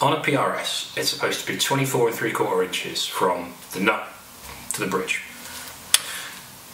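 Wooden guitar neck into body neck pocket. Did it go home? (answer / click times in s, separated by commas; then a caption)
partly / 5.9 s. Someone talks while a wooden guitar neck for a PRS-style guitar kit is test-fitted into the neck pocket of the body. A single sharp knock at 5.9 seconds taps the neck in, deliberately not seated all the way, though it reaches up to the inside of the pickup cavity. The neck ends up only partly seated.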